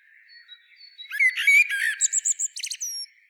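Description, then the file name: Common blackbird singing one short phrase after a quiet start: soft warbled whistles followed by a string of quick, high, clipped notes. "Turdus merula"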